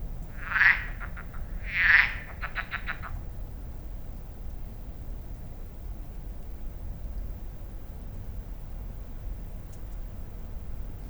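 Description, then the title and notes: Frog giving two loud croaks early on, each followed by a train of fainter repeating pulses like an echo, then only low background rumble. Frog at Lac de Barterand, Magnieu, France, with a fine echo revealing the hills around the lake; recorded with Sennheiser MKH8040 (stereo ORTF) and Zoom F8. "Lac de Barterand - Magnieu, France - Échos batraciens. Toujours commune la grenouille. Mais pas si banale cette situation d'écoute ! Avec ce bel écho qui révèle les collines environant le lac. Marc Namblard. Stéphane Marin"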